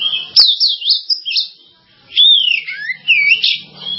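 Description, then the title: Java sparrow singing high, bell-like whistled notes that bend up and down, a sharp click near the start, then a pause before another run of whistles. "kicau gelatik"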